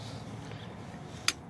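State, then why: Torque reached. A click-type torque wrench tightens a bolt during a water pump installation on a Toyota Corolla. Low background noise is broken by a single sharp, bright click at 1.3 s, showing the wrench has reached its torque setting.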